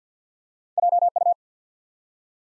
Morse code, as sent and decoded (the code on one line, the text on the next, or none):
.--- ..-
JU